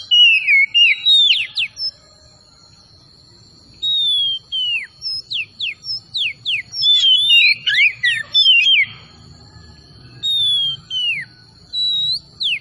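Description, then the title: Oriental magpie-robin song in separated bursts of sharp downslurred whistles and tumbling notes, pauses between phrases, a thin steady high tone running underneath. Singing vigorously (gacor); Tretes. "Kacer Tretes Gacor"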